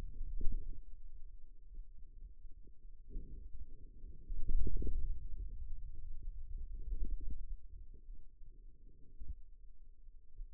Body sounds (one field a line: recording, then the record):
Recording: forearm muscle sounds (acoustic myography)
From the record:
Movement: hand opening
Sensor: system 2, bracelet of six BSWA MPA416 microphones around the upper forearm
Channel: 5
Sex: male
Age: 22 years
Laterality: right